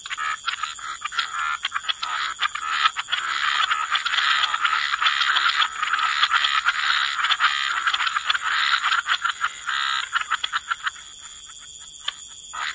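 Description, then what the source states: Frogs calling together in a thick, pulsing rattle that swells and fades, with a constant high-pitched tone in the background. Frog chorus.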